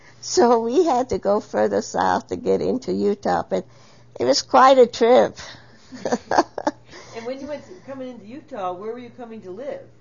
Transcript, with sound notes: So we had to go further south to get into Utah but it was quite a trip. (both laugh)
And when you went to come into Utah, where were you coming to live?